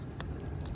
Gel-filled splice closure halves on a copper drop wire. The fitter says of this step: So we'll keep on going and twisting it until it clicks in place right past these two pieces.